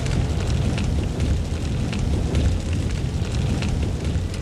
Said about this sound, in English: Water. Fire.